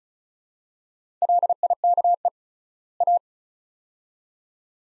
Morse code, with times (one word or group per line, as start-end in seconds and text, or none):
1.2-2.3 LIKE
3.0-3.2 A